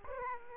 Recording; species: mosquito wingbeat signal from an infrared sensor; Aedes aegypti